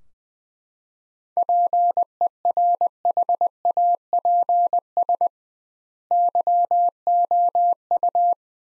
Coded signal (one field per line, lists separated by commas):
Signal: Morse code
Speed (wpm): 21 wpm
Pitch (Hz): 700 Hz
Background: none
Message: PERHAPS YOU